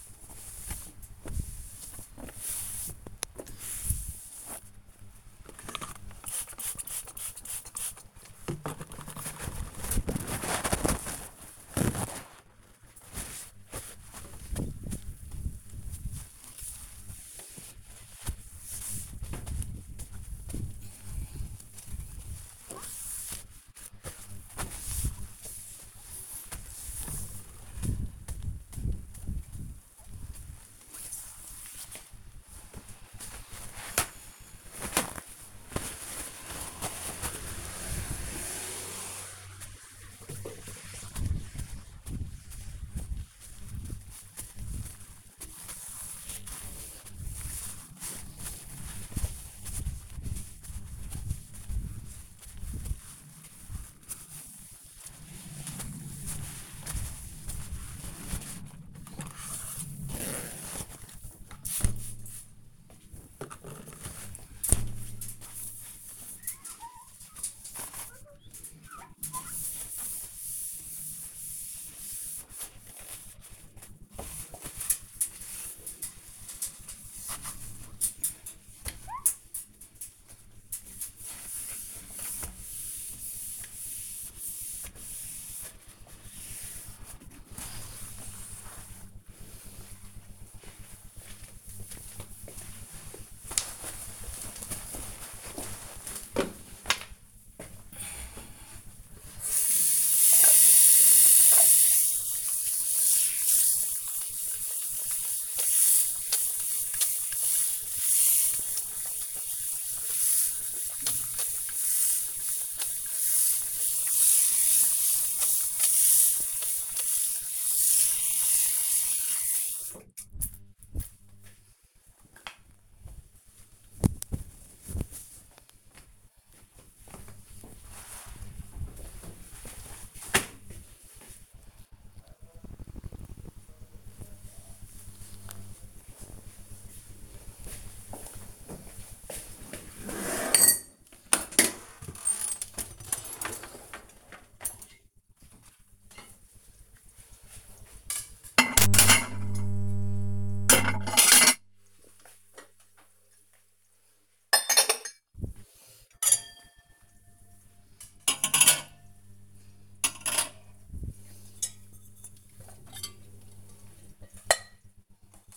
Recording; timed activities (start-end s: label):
household activities, microphone on the right wrist
0.00-89.65 s: window cleaning
99.73-120.89 s: washing hands
141.04-165.57 s: cleaning out the dishwasher